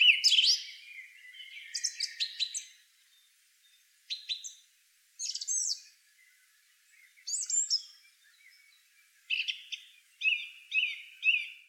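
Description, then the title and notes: Song thrush singing varied, bright phrases separated by short pauses, with some clear repeated whistled notes near the end. "Song thrush. Певчий дрозд by deepsweet"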